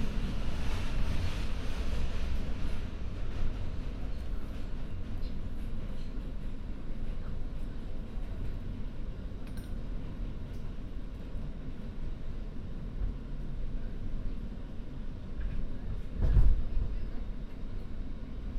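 A binaural field recording made on the way from Sunset Park to Harlem, here a steady low rumble like a moving subway train with a constant rattle. A brief sharp clank stands out around sixteen seconds, and faint voices may drift underneath.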